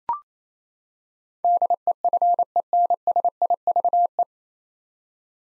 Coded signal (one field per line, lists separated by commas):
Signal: Morse code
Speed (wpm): 27 wpm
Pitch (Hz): 700 Hz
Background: none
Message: DEFENSIVE